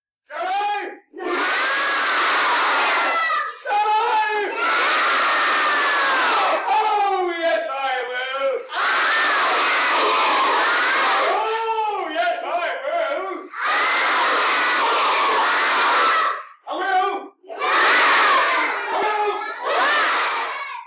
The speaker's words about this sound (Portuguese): Por exemplo, quando o irmão malvado ameaça mergulhar um macaquinho num pote de tinta azul, perguntando à plateia, ponho ou não ponho? Não, grita a criançada. Ponho sim, grita o vilão. Põe nada, retruca a plateia.